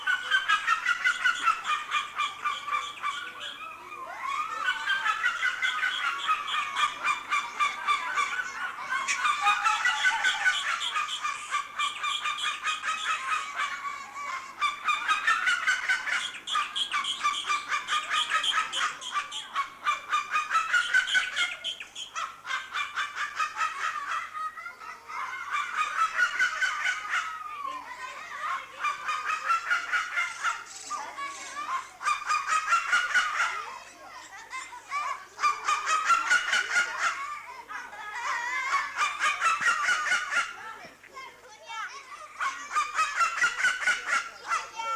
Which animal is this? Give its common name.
Black-legged Seriema